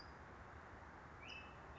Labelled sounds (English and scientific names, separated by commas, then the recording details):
California Towhee (Melozone crissalis)
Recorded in Sonoma County, California